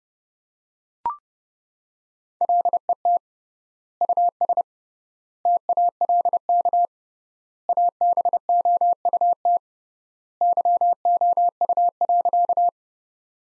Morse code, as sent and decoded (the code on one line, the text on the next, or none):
.-.. . - / ..- ... / - .- .-.. -.- / .- -... --- ..- - / -.-- --- ..- .-.-.-
LET US TALK ABOUT YOU.